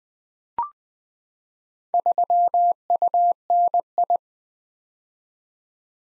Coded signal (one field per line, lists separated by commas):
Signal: Morse code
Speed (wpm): 20 wpm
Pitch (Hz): 700 Hz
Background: none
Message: 3UNI